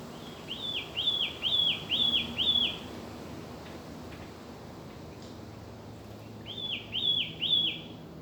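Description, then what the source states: Broad-billed flycatcher call: a rapid series of five clear, slurred whistled notes, a long pause, then three more matching notes, over faint low background hum. Subspecies mimikae.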